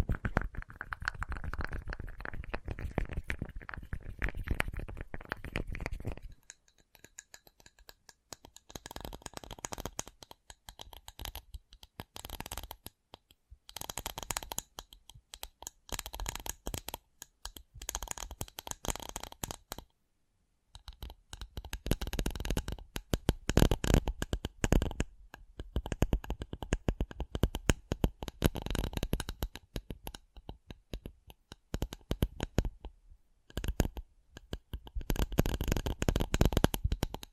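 Rapid, dense tapping and scratching with brief silent gaps near 7, 13 and 20 seconds, the first stretch more continuous and rumbly.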